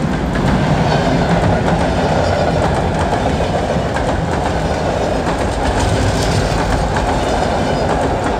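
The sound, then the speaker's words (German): An express train arrives, rolling steadily along the rails with a loud, continuous rumble and faint rhythmic clatter of wheels over track joints, no voices present. “Der D-Zug! Der D-Zug!”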